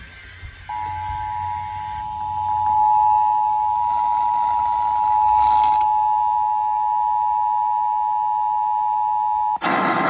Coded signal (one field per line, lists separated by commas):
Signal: Emergency Alert System (SAME) tones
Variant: 853 and 960 Hz attention tone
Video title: March Madness: Tornado Drill Edition …EAS Tests From March 8-9, 2022